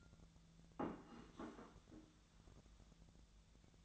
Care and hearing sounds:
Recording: daily activity, microphone in the room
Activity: place plate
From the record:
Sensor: 3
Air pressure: 1000.2 hPa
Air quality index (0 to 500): 140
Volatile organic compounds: 2 ppm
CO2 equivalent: 1246 ppm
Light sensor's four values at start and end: 26/64/27/30 and 27/66/28/31

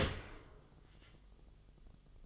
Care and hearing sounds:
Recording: daily activity, microphone in the room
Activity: open dishwasher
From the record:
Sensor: 4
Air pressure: 1005.6 hPa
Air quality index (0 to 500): 111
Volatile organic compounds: 3 ppm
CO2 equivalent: 1390 ppm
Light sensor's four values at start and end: 11/26/10/10 and 11/24/9/9

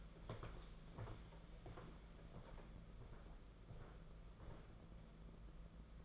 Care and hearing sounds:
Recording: daily activity, microphone in the room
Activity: walk to room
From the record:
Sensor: 5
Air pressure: 992.2 hPa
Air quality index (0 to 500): 213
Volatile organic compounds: 1000 ppm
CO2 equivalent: 6177 ppm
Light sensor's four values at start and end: 6/16/6/7 and 7/17/6/7

